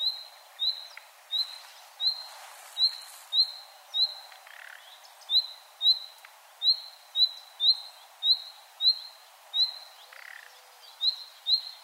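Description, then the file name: Common nightingale giving a high, rising whistled call, repeated many times in a quick series, with an occasional short rasping note between. "Luscinia megarhynchos"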